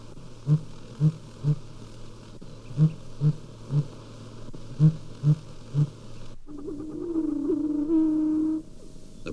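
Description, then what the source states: Sooty grouse hooting, low muffled hoots in three phrases of three, followed by a different humming, wavering call at the end. Hooting from the tops of firs and spruces, familiar in the Rocky Mountain area; this bird was calling in Yosemite National Park.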